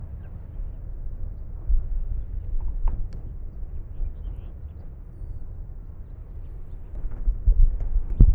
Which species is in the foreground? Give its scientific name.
Haemorhous mexicanus